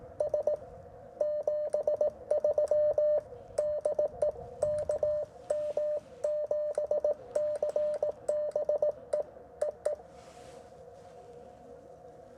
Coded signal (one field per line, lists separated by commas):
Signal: Morse code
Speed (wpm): 18 wpm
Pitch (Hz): 600 Hz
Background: radio noise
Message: S 73 DE KM7CBE EE